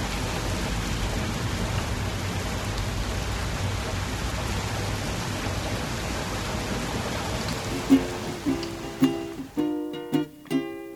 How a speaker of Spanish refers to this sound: también lluvia. Lluvia, llueve y llueve y llueve.